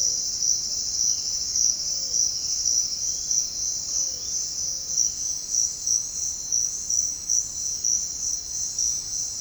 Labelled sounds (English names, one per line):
none